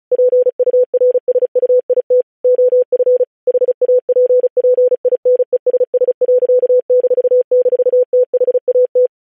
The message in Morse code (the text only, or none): PURSUIT OF HAPPINESS.--THAT